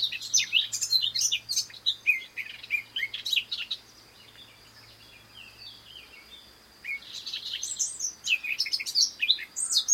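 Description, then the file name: Eurasian blackcap song: fast, scratchy warbling phrases of high twittering notes, a pause of about three seconds in the middle, then the warble resumes. "Sylvia atricapilla"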